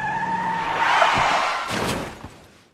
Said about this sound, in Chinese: 尖利的刹车声，车子以漂移式的弧度猛然打在了路中央，好在后面的车距离还远，没有发生追尾。